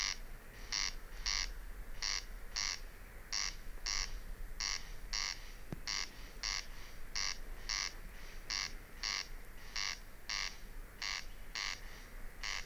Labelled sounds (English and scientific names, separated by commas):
Corn Crake (Crex crex)